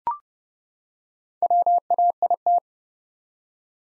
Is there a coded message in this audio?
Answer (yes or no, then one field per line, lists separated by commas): yes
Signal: Morse code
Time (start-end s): 1.4-2.6 s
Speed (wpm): 30 wpm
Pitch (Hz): 700 Hz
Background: none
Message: WAIT